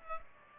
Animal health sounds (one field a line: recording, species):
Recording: mosquito wingbeat signal from an infrared sensor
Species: Culex pipiens